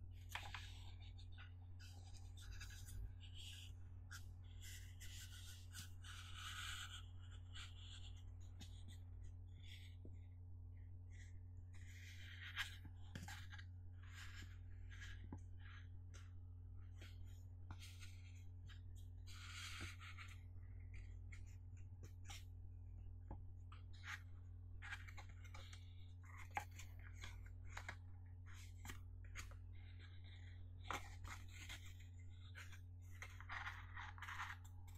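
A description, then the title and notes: Light taps on a box come in quick, irregular clusters across the whole clip, each a short dry click, some brighter and rustling. A steady low electrical hum sits underneath throughout, and the overall level stays even, with a slightly sharper tap near 27 seconds. Box Tapping Overdose Mega Relaxing Binaural Sounds. Gusti found some boxes and decided to tap on them for you.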